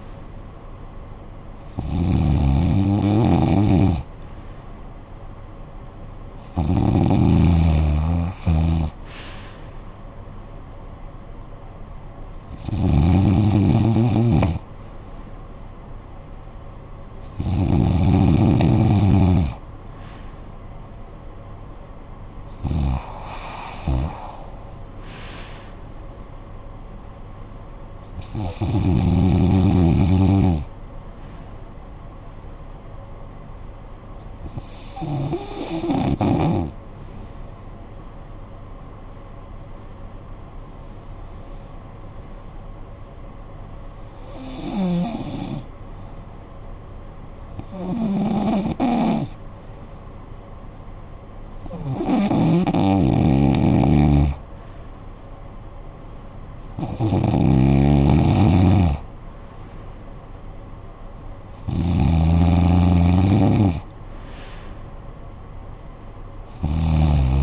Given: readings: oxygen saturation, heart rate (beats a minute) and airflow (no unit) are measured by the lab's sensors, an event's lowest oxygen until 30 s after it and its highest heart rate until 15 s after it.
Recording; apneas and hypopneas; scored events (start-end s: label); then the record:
breathing in sleep by a smartphone at the bedside; 1
36.00-51.50 s: hypopnea (REM, oxygen 96% highest, then 91% lowest, heart rate 56 at the start, 64 highest)
From the record:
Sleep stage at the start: REM sleep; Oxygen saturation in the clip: 91 to 96%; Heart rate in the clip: 55 to 71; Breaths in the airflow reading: 13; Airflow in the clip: -16.8 to 10.2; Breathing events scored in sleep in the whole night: 445 in 7.6 hours asleep